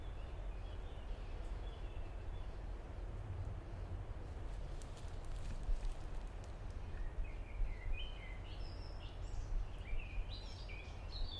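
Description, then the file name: Common blackbird singing a quick series of high, varied, twittering notes in the second half, over low rumbling background noise. "merle"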